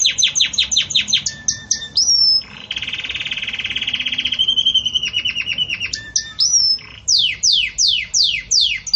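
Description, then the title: Belgian canary song with quick chirped notes, a sustained rolling trill in the middle, then brisk downward-sweeping whistles repeated in a steady series. Belgian canary breed; pure "campainha" song with pauses, for training. "Canto Canário Belga Campainha Puro Com Pausa Para Treinamento"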